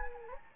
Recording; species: mosquito wingbeat signal from an infrared sensor; Anopheles gambiae